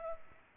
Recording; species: mosquito wingbeat signal from an infrared sensor; Culex pipiens